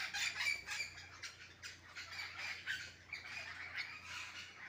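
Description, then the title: Parakeets squawking in a busy flock, harsh grating calls overlapping rapidly, several per second, with brief louder bursts near the start. Wild green parakeets feeding noisily on mangoes in a garden mango tree at 6:15 AM, possibly squabbling, with mangoes falling. "El Canto de los pericos en la mata de Mango"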